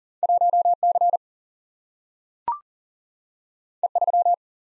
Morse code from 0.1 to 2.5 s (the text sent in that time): 1 C